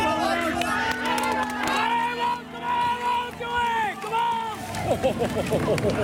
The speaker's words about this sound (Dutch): Ook hoor, in de verte het gejuichen weer aanzwellen. Hier is Wout Van Aert.